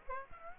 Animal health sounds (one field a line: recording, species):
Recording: mosquito wingbeat signal from an infrared sensor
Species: Aedes aegypti